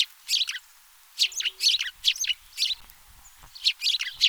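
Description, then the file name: House sparrow chirps: bursts of harsh, bright chirping notes in quick clusters separated by short pauses. "Passer domesticus"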